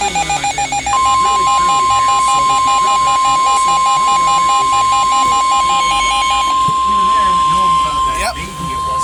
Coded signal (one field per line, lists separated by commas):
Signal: Emergency Alert System (SAME) tones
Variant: 1050 Hz attention tone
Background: speech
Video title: SVR (EAS$347)